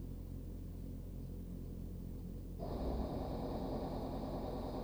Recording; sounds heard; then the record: poultry house recording; no chicken sound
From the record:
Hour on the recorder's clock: 0